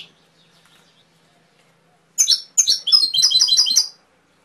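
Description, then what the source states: Canary breaking into a fast, high, chattering trill after two seconds of near silence, the notes repeated quickly in a steady series. Canary masteran (training) song with full fill-ins (isian), for teaching canaries to sing, by mster Mnuk.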